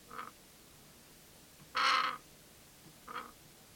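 Pesquet's parrot calling with a single grating, raspy screech midway, flanked by two faint notes.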